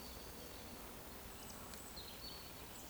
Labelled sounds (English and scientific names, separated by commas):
Eurasian Woodcock (Scolopax rusticola) whistle